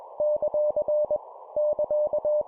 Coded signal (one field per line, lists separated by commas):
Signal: Morse code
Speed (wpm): 21 wpm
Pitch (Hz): 600 Hz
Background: none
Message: ; <KA>